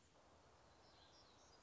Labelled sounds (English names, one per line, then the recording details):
Black-throated Gray Warbler
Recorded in Sonoma County, California